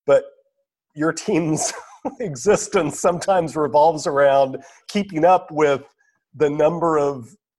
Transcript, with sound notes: But your team’s [chuckle] existence sometimes revolves around keeping up with the number of